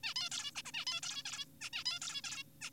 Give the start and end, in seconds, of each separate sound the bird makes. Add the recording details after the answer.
0.04-0.14, 0.16-0.29, 0.32-0.51, 0.56-0.62, 0.66-0.72, 0.74-0.85, 0.87-1.00, 1.03-1.23, 1.25-1.45, 1.61-1.70, 1.73-1.84, 1.86-2.00, 2.02-2.21, 2.24-2.43, 2.61-2.70. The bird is an adult. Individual g4p5U